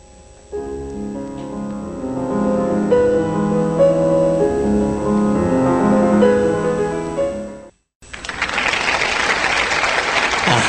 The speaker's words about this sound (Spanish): Gracias a la tribuna. Claro. Que nos manda un efecto de audio de aplauso. Ahí va.